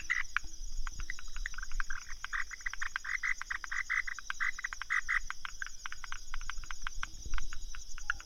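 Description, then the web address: Frog chorus of rapid pulsed croaks in a dense rattling stream throughout, with a steady high insect hum behind. Recorded 15 March 2015. "frog rec 150315"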